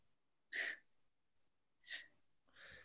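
An adult man coughs three times while smoking weed in a bathroom.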